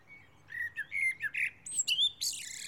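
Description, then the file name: Common blackbird song, one warbled phrase of smooth fluty notes sliding up and down, finishing in a high scratchy squeal. "Turdus merula"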